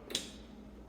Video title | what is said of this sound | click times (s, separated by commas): Dash Rapid Cold Brew Coffee Maker Review, is it worth it? | and if you kind of hear a little faint click uh there's probably a switch in there in there that | 0.1 s